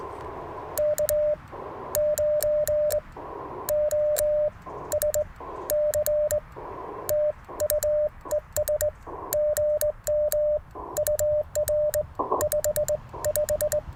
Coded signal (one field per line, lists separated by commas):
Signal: Morse code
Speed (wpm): 22 wpm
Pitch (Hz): 600 Hz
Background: none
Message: K9OSC TU ES GM UR 55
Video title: Morning Morse Code - 12/18/2024